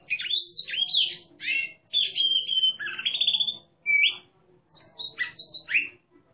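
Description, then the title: Oriental magpie-robin song: loud whistled phrases with sweeping slurs and a long trilled run, broken by short pauses. Competition bird singing in the ngeplong style, described as gacor (singing abundantly) and a national champion. "burung berkicau Kacer Ngeplong gacor Juara Nasional. burung Kacer"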